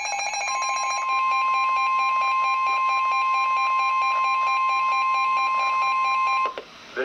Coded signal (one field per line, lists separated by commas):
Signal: Emergency Alert System (SAME) tones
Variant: 1050 Hz attention tone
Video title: Tornado Warning (Drill) for Indiana (EAS #1,097) 3/20/18